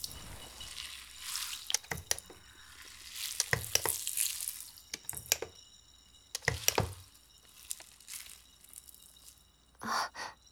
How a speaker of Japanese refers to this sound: ちょっと泡足そうかな。 泡は多い方が気持ちいいからね。